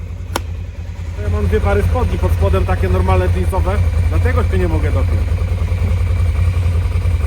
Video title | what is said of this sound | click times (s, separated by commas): ŻEGNAMY ŚWIĄTECZNY KLIMAT- SERNIK KRAKOWSKI-OTWIERAM PACZKI | na dół mocno żeby się zatrzasnęło zatrzasnęło się tak | 0.4 s